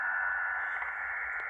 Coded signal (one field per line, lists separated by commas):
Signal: HF data modem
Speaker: This is my very first Windlink session with the Lab 599 TX500 mic Papa